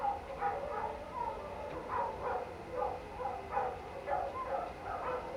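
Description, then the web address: Canine pack howls, sliding wavering notes and yips in a rhythmic chorus, with the constant splash of a water fountain behind. Pack howling into the night outdoors, late night, cold winter air, beside a man-made water fountain. "Omar Alvarado - Minimal ambiences ambience outdoors late night, cold winter air, pack of canine howling into the night and man made water fountain"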